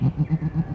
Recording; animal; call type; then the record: contact call of a hoofed animal; goat; low-frequency (closed-mouth) or high-frequency (open-mouth) call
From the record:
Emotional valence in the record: negative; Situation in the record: short social isolation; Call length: 0.75 s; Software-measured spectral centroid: 930 Hz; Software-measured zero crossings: 550 a second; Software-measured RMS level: -23 dBFS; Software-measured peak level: -11 dBFS